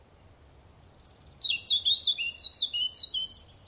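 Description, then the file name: European robin song phrase opening with a long thin high whistle, then sliding into a cascade of quick descending warbles and trills. "Erithacus rubecula"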